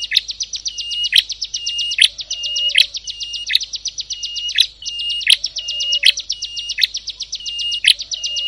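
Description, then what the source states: Prinia song: a rapid buzzy high trill broken by a sharp, loud chip roughly every three-quarters of a second, with a faint lower drawn whistle now and then. Compilation of ciblek and prenjak birdsong intended for masteran, tutoring captive songbirds.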